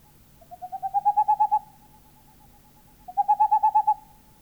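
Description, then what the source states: Tengmalm's owl song: two bursts of many quick, soft hoots on nearly one pitch, each swelling in loudness, separated by a pause of about a second and a half. Finnish field recording of countryside birds, released on cassette in Finland in 1988.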